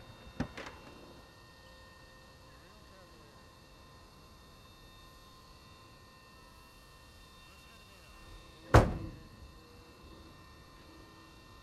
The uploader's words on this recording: De Havilland Canada DHC - 3-T Turbo - Otter by Andy "soundeziner" Martin.